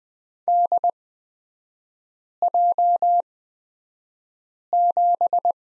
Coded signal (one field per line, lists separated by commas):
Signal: Morse code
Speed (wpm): 20 wpm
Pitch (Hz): 700 Hz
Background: none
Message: DJ7